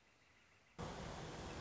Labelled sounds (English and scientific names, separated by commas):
Northern Flicker (Colaptes auratus)